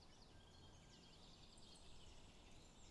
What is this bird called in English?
Song Thrush